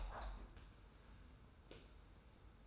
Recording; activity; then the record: daily activity, microphone in the room; open window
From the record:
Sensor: 2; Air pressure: 990.2 hPa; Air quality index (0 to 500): 200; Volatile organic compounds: 1000 ppm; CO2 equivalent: 6401 ppm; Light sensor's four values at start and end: 24/57/23/23 and 24/56/23/23